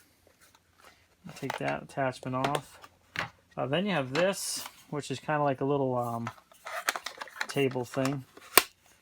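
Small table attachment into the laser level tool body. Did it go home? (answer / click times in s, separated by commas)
yes / 8.6 s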